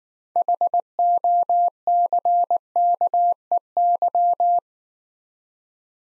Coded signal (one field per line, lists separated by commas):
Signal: Morse code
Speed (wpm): 18 wpm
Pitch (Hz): 700 Hz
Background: none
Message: HOCKEY